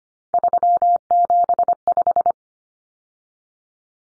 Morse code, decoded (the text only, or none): 375